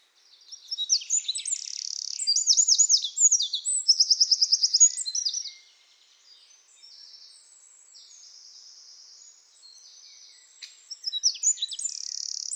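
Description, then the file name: Eurasian wren pouring out a loud, fast song of looping notes and rattling trills, followed by softer-sounding twitters and another loud burst at the end. "Troglodytes troglodytes"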